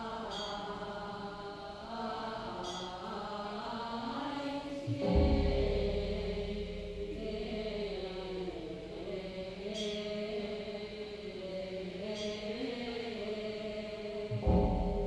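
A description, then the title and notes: Voices chant together in a steady, sustained drone during morning prayers, with sharp percussive strikes near five seconds and again near fourteen seconds. Sound of chanting of first morning prayers in Lungshan Temple, Taipei. Recorded by James A.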